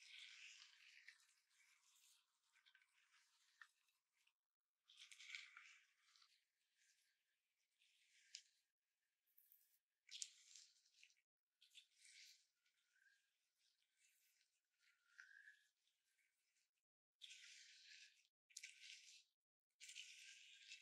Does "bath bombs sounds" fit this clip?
yes